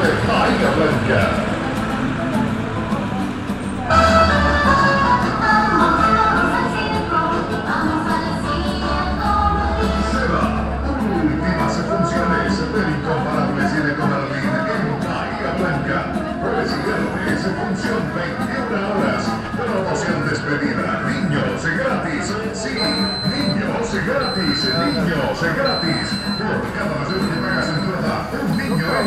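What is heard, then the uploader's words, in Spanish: A busy pedestrian street at a corner, filled with a steady mix of many voices talking. A low engine rumble passes early on, from about four to ten seconds, and a thin, high repeated beep sounds in the last few seconds. Peatonal Drago (Gregory Street). 19.15hs aprox. Drago esq. O'Higgins.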